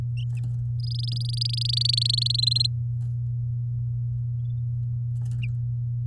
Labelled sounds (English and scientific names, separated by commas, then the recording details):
Domestic Canary (Serinus canaria) song
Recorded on 8 May 2018 at 11:05
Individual llb16